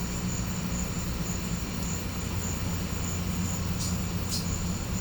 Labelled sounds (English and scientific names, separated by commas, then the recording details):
none
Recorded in pastures near Puerto Asís, Putumayo, Colombia, on 18 December 2024 at 14:30
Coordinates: 0.505, -76.324
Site G063